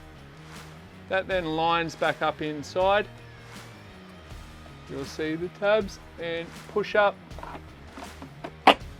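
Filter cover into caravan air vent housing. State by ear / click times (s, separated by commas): seated / 8.7 s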